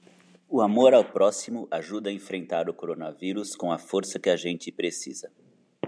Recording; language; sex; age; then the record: spoken sentence; Brazilian Portuguese; female; 40 to 49 years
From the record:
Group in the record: control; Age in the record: 45 years